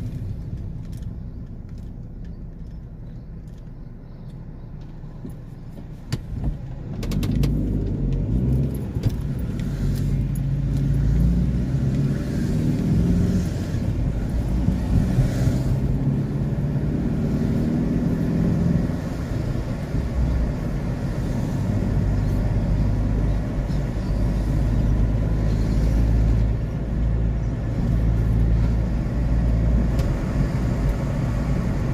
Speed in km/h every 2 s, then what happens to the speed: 5, 1, 1, 2, 22, 32, 39, 41, 53, 52, 52, 53, 59, 58, 60, 56.
2-6 standing. 6-16 pulls away to 53. 16-22 steady at about 52. 22-27 speeds up to 60.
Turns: none.